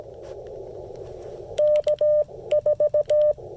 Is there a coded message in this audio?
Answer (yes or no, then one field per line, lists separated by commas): yes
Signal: Morse code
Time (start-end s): 1.6-3.3 s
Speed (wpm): 17 wpm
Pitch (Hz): 600 Hz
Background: none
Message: K4